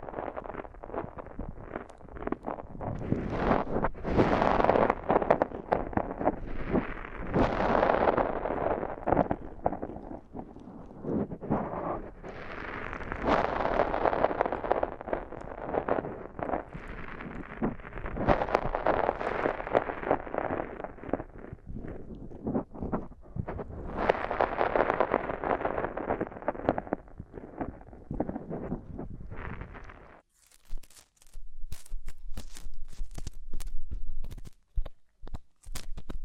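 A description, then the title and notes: Deep ear cleaning: dense, crackling scrapes and rubs that swell and fade in waves, loudest around 5–8, 13–20 and 24–28 seconds. At about 30 seconds the texture changes abruptly to sparse, sharp, bright clicks separated by brief silences. ASMR INTENSE Deep Ear Cleaning (No Talking).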